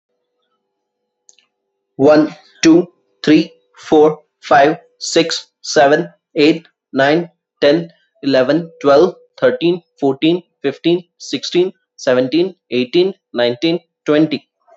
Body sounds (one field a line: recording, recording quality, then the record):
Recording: counting at a normal pace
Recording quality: excellent, no background noise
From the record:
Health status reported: respiratory illness, not identified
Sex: male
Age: 36 years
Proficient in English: yes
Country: India